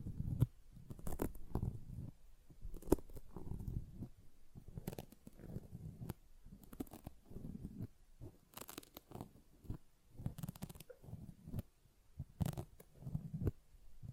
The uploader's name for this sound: Sponge Sounds - Scratching, Squishing, Brushing, Cutting